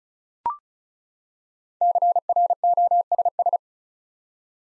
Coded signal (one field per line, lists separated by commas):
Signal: Morse code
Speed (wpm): 36 wpm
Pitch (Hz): 700 Hz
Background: none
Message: CROSS